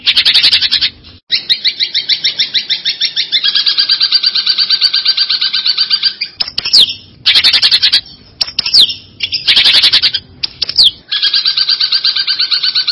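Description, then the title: Long-tailed shrike song: long bursts of loud buzzy chattering broken by short pauses and a few sharp falling whistled notes. Champion songbird. "Kicau Burung Cendet Juara"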